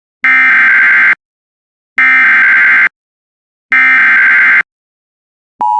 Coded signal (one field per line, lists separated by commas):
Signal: Emergency Alert System (SAME) tones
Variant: header bursts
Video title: EAS #260 Severe Thunderstorm Warning On WJON-UP